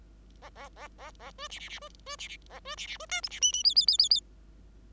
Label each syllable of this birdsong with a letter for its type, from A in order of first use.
A A A A A B C C C B B C C A B C C B D E C F F G G G G G